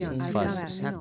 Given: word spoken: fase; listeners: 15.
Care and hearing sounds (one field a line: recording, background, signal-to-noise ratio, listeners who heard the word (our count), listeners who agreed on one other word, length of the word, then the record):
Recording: one Spanish word in noise, from a listening test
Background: four-talker babble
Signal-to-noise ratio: -1.9 dB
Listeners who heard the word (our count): 1 of 15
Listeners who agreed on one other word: 10 of 15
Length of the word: 0.61 s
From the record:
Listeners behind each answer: 10, 1, 1, 1, 1, 1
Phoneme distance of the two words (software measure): 7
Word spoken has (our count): 2 syllables, 4 phonemes, stress on syllable 1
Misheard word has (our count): 2 syllables, 5 phonemes, stress on syllable 1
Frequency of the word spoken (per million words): 69.43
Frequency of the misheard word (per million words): 20.46